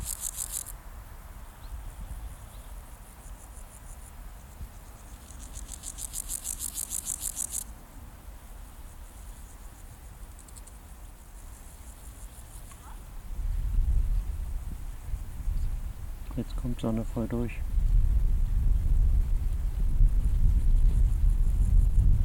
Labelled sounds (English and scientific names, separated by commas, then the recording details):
Bow-winged Grasshopper (Chorthippus biguttulus) stridulation
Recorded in the wild
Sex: male
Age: imago
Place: Tüchersfeld, Fränkische Schweiz, Bayern, DE
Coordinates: 49.72, 11.07
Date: 1995-09-05 12:07
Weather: wechselnd, sonnig, 15,2°C
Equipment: Nagra SN, Sennheiser ME 80, Kopie Uher 4000 Report Monitor
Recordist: Tembrock, Günter